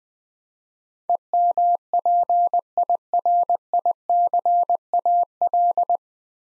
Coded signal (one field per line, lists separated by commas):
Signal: Morse code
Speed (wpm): 20 wpm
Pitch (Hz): 700 Hz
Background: none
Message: EMPIRICAL